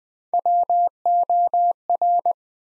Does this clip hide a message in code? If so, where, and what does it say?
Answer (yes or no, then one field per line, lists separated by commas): yes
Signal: Morse code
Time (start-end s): 0.3-2.3 s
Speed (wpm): 20 wpm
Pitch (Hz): 700 Hz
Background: none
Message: WOR